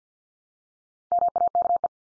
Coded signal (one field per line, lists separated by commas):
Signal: Morse code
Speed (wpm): 48 wpm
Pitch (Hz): 700 Hz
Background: none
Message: MAKE